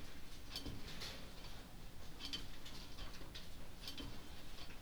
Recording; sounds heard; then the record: poultry house recording; no chicken sound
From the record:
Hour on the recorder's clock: 22